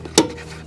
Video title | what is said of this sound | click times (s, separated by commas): 1999 - 2013 Chevrolet Silverado 1500 5.3 Vortec Cracked Radiator Replacement - How to Replace - DIY | Just push it till it snaps over it. | 0.2 s